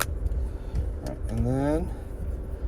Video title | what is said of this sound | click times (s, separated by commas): 2015 Cadillac ATS How to change remote battery / key fob | but we're just going to snap the cover back on so at the top all the way down | 0.0 s